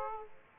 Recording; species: mosquito wingbeat signal from an infrared sensor; Aedes aegypti